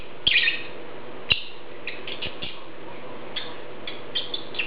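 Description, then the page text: Lovebird calls, scattered shrill buzzy chirps separated by gaps, with occasional sharp clicks over a faint background hum. "Попугай неразлучник - Голос"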